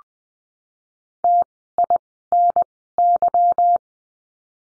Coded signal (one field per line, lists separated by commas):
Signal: Morse code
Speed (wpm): 19 wpm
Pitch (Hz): 700 Hz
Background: none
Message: TINY